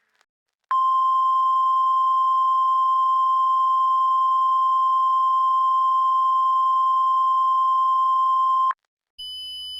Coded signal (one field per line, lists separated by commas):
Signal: Emergency Alert System (SAME) tones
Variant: 1050 Hz attention tone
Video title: (RECOVERED EAS RECORDINGS) Drowning In Pittsburgh